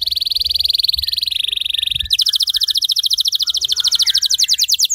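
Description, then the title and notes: Canary delivering a continuous buzzy high trill that steps down in pitch, then switches to a rapid series of sharp repeated chirps. Young canary; long-duration song recording used as a lure for training other birds. "Pancingan Kenari Muda Durasi Panjang. masteran kenari"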